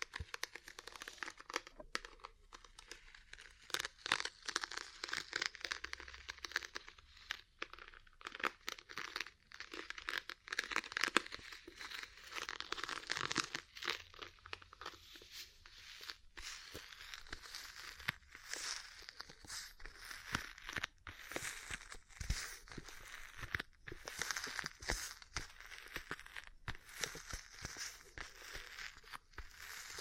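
Ear cleaning and massage sounds: dense, crackly rustling and crinkling with rapid irregular taps throughout, bright and busy, barely any low sound.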